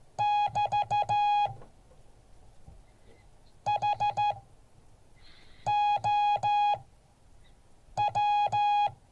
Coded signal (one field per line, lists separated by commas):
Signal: Morse code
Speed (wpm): 14 wpm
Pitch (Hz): 830 Hz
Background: music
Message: <BT> HOW